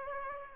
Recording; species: mosquito wingbeat signal from an infrared sensor; Aedes aegypti